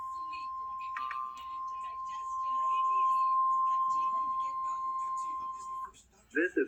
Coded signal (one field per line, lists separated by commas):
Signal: Emergency Alert System (SAME) tones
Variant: 1050 Hz attention tone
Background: speech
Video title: BOXIBUDDY (EAS #94-95, L.S. EAS #118-#119) BOX, TBW, LWX Required Weekly Tests